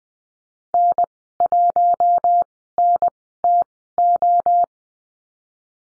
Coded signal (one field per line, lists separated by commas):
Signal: Morse code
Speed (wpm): 20 wpm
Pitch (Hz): 700 Hz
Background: none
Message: N 1 N T O